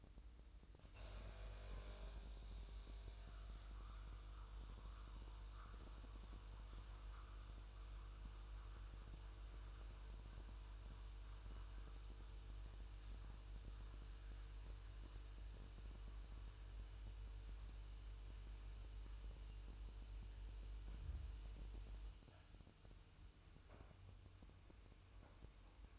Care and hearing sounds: daily activity, microphone in the room; make coffee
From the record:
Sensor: 2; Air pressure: 988.3 hPa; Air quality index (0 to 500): 189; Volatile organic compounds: 173 ppm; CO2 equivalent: 4118 ppm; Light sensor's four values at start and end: 20/69/27/26 and 20/69/27/26

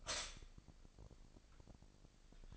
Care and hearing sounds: daily activity, microphone in the room; stop toaster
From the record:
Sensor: 5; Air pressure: 1007.4 hPa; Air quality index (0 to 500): 127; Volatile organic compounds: 1 ppm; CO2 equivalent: 968 ppm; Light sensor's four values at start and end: 25/59/24/24 and 25/59/24/24

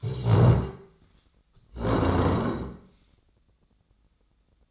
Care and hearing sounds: daily activity, microphone in the room; stand up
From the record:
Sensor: 3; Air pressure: 1012.2 hPa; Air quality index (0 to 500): 173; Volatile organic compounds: 3 ppm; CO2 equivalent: 1326 ppm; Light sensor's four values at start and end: 55/141/62/66 and 96/218/104/118

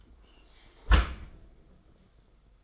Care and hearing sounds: daily activity, microphone in the room; close dishwasher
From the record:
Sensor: 5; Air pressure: 990.6 hPa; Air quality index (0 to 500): 161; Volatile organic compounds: 263 ppm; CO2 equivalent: 4393 ppm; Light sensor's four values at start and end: 36/112/43/46 and 36/112/43/46

